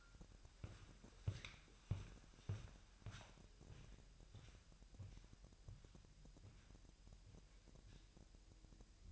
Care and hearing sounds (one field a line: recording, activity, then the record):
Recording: daily activity, microphone in the room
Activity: walk to room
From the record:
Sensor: 2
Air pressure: 1001.8 hPa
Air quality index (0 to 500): 248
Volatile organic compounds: 34 ppm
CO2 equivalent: 3049 ppm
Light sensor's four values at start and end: 6/15/6/6 and 7/15/6/6